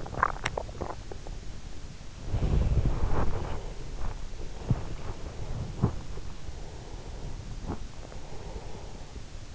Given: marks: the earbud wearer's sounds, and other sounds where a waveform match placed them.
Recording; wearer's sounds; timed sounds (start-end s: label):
sounds in sleep by an in-ear microphone; teeth grinding, body movement, breath
0.00-1.38 s: teeth grinding
2.16-6.13 s: body movement
6.52-9.21 s: breath